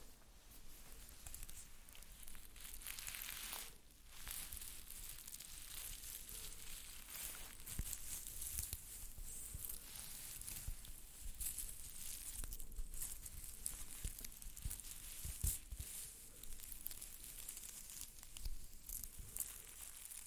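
Makeup ASMR with no talking: steady soft hiss and crinkly brushing textures, with occasional light taps and louder brushy sweeps near four and fifteen seconds.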